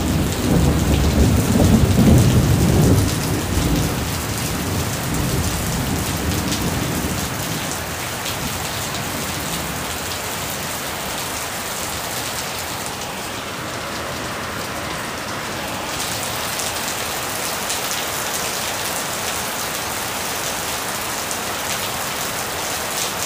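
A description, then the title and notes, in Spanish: A raging storm: heavy rain pours down steadily and densely for the whole stretch, with a fine, hissing patter. Deep thunder rolls loudly through the first several seconds, then fades away by about eight seconds, leaving only the constant downpour. Malasia | Georgetown. Tormentas enfurecidas. Llegamos a Malasia ya terminando la época de lluvias. La que escucháis aquí empezó a eso de las 6 de la tarde, el cielo crujía con fuerza, como si se estuviese rompiendo.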